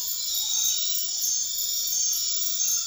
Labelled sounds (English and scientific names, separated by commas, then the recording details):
none
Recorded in dense forest near Puerto Asís, Putumayo, Colombia, on 12 March 2025 at 23:00
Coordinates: 0.500, -76.322
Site GP06